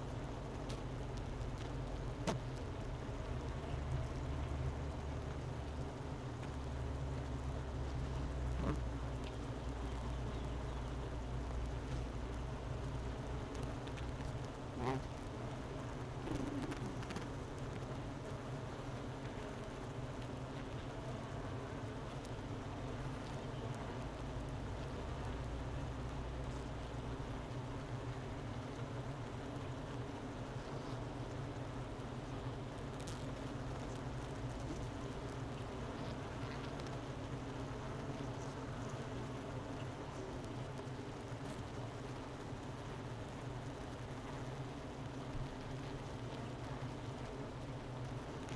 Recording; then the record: honeybee colony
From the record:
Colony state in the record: missing queen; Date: 31 May 2018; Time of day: 11:31